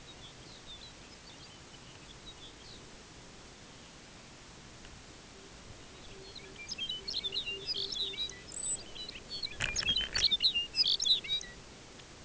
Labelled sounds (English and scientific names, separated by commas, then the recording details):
Lapland Longspur (Calcarius lapponicus), Pectoral Sandpiper (Calidris melanotos), unidentified sound
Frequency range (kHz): Lapland Longspur (Calcarius lapponicus) 1.1-7.0 kHz
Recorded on Arctic tundra, site UTQI-5, on 14 June 2019
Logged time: 14:00